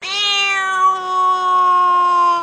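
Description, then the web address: Cat meowing, one long steady drawn-out meow that holds its pitch for over two seconds before stopping abruptly. Tabby cat. "Sound Effects-Foundation 1 ANIMAL CAT TABBY MEOW"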